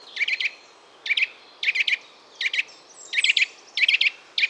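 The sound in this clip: Eurasian nuthatch uttering bright, abrupt twit calls in clusters of two to four, spaced irregularly about every half second to second, over light background hiss.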